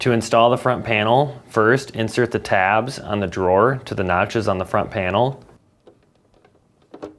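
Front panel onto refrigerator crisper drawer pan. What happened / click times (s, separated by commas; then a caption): Plastic panel tabs set into notches, no seating click yet / none. Someone talks while fitting the front panel onto a Whirlpool refrigerator center crisper drawer pan (part WPW10387778), inserting the tabs on the plastic drawer into the notches of the front panel. After the talking stops, only faint handling taps are heard, with a small tap near 7.0 s. The tabs are lined up, but the panel has not yet been pushed home and nothing has snapped into place.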